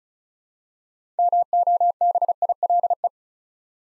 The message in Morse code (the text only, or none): MOBILE